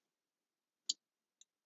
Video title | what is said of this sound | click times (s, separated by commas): AUX SWITCH & 110V INVERTER POWER MOD - 2011-2016 SUPER DUTY - POWERED UP DURING REMOTE START | I don't know if you heard it click or not, | 0.9 s